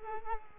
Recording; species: mosquito wingbeat signal from an infrared sensor; Culex quinquefasciatus